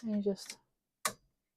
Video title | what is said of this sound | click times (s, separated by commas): Create! Designing and crafting projects inspired by Monday's chosen topic in xTool Studio and Atomm. | wiggle it and then you feel it click so you can't move it anymore. | 1.1 s